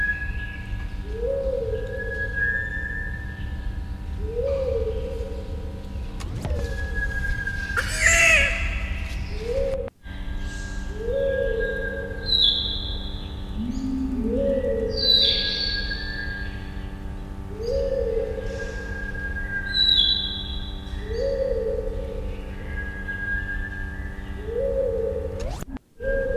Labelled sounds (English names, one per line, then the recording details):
Ringed Teal call
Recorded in captivity
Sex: female
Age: adult
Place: Tierpark Berlin, Berlin, DE
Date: 1974-01-26 11:00
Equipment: Uher 4200 Report Monitor, Verst., Sennheiser MD 421
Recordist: Tembrock, Günter